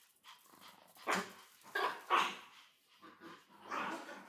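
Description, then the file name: Chihuahua barking, three sharp yaps, then softer yaps and a longer whine-bark near the end. Dogs playing; recorded 20 May 2017. "20170520 Chihuahua Dogs Playing"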